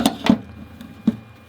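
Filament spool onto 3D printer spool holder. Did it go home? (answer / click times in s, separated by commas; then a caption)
no / none. A third-party filament spool is pressed all the way onto the plastic spool holder of a FlashForge Creator Max 3D printer, producing short handling knocks at about 0.1, 0.3, 0.8 and 1.1 seconds. None of these is a lock click: the spool has not clicked or seated into the holder's lip the way the stock spool does, so it would slide off.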